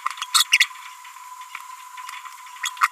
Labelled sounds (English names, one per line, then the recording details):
Green-rumped Parrotlet babbling
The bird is a female
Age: 28 days
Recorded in a nest box in Venezuela
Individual 17B42B3